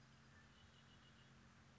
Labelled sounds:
Red-winged Blackbird (Agelaius phoeniceus)
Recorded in Sonoma County, California

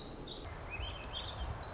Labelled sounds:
Pacific Wren (Troglodytes pacificus)
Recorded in Sonoma County, California

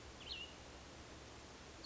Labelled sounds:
Cassin's Vireo (Vireo cassinii)
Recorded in Sonoma County, California

